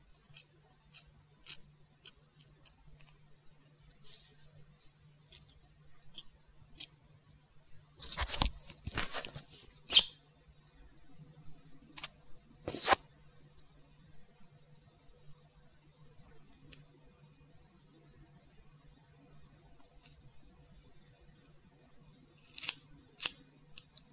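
Scissors snip in short, sharp clicks spread across the recording, sometimes in quick bursts and sometimes with pauses between. A denser flurry of cutting and rustling comes around eight to ten seconds, and another near thirteen seconds. A low steady hum runs underneath throughout.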